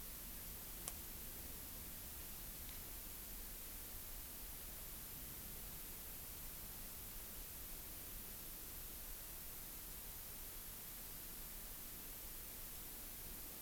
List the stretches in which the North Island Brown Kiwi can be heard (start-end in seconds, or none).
none